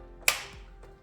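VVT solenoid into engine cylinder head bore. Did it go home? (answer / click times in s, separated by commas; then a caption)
yes / 0.3 s. A variable valve timing (VVT) solenoid on a 2001–2006 Lexus LS430 is wiggled into its bore in the engine cylinder head and then pushed in. A single sharp click at 0.3 s shows it has seated, followed by a brief fading ring. No one talks in the clip.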